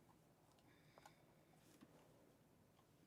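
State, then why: Not seated. A plastic building brick is pressed into place on a brick camera model but does not click in, and the builder then works out where it should go. Quiet plastic handling runs under a low background hum, with a brief sharp tick at about 1.1 s and a softer one near 1.8 s. Nothing has seated or clicked yet.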